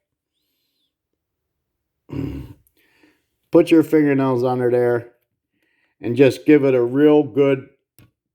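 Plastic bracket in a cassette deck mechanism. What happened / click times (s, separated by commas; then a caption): The plastic bracket snapped free of its latch / 8.0 s. Someone talks while fingernails are worked under a plastic bracket in the mechanism of a Technics RS-TR212 cassette deck, as part of replacing its middle idler gear. The bracket gets a firm pull and gives a short, sharp click at 8.0 s as it snaps free of its latch, releasing it so it can be lifted off.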